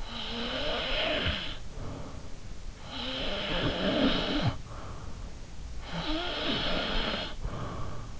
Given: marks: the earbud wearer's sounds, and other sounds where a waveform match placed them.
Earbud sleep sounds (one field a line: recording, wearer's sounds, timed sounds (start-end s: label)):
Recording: sounds in sleep by an in-ear microphone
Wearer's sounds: snoring breath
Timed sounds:
0.04-2.31 s: snoring breath
2.82-5.20 s: snoring breath
5.79-8.20 s: snoring breath